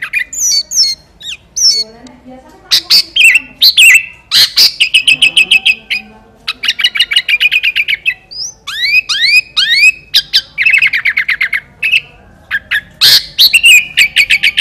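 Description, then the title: Sooty-headed bulbul singing energetic phrases of fast, repeated chirps and rising whistles, separated by short pauses. "Kutilang"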